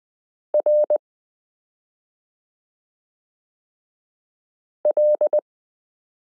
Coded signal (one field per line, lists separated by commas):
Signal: Morse code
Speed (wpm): 20 wpm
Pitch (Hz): 600 Hz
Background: none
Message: R L